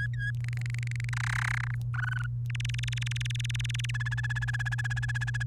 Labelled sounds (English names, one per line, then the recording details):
Domestic Canary song
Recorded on 29 April 2018 at 05:46
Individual llb3